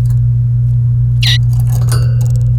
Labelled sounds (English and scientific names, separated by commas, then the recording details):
Domestic Canary (Serinus canaria) song
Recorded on 29 April 2018 at 12:21
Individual llb3